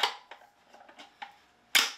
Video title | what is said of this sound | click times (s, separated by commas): UNBOXING The Ultimate Support Apex Series Keyboard Stand from Sweetwater | little tack locks in place | 1.8 s